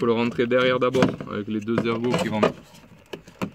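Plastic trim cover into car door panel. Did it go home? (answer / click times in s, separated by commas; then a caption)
yes / 3.1 s, 3.4 s. A plastic trim cover on a Twingo car door panel, replaced during front electric window mechanism work, is slid in at the back with its two lugs into position, then pressed until it clips in. Someone talks for the first two and a half seconds, then two sharp clicks are heard at 3.1 s and 3.4 s as the cover seats.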